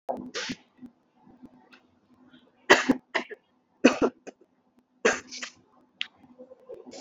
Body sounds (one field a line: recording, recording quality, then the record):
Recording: heavy voluntary cough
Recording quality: excellent, no background noise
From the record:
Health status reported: exposed to COVID-19, no respiratory illness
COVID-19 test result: negative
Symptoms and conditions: none ticked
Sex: female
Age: 45 years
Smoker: not ticked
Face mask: not worn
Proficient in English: yes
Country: India